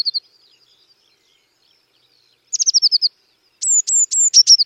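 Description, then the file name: Eurasian blue tit calling: high thin notes, then a rapid burst of short descending notes, followed by high sharp whistles that drop into a fast trill. "Cyanistes caeruleus"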